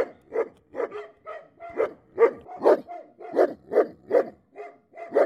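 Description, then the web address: Dog barking steadily, gruff barks repeated about twice a second without pause. A big dog barking. "lynne-publishing Big Dog Barking"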